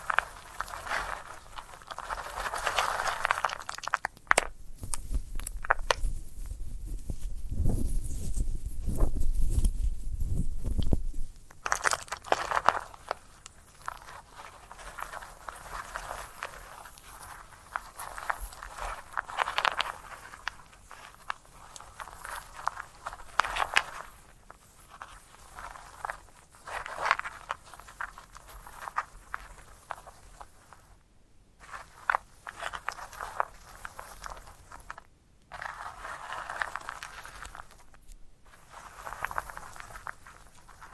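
Dry sunflower head being handled, with rustling, crackling and crunching textures that come in uneven bursts throughout. Between about 6 and 11 seconds a heavier, lower rumbling scrape takes over. Later the sounds thin into scattered crisp crackles broken by brief silences.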